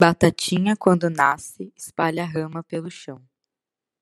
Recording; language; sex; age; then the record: short text; Brazilian Portuguese; female; 18 to 19 years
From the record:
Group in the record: control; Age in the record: 18 years